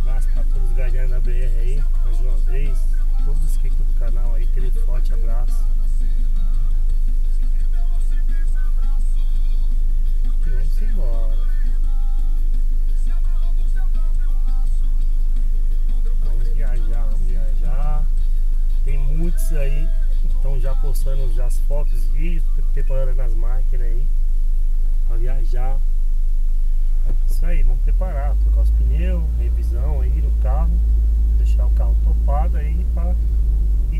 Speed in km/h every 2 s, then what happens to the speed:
0, 0, 0, 0, 0, 0, 0, 0, 0, 0, 0, 0, 0, 7, 14, 23, 28.
0-25 standing. 25-34 pulls away to 28.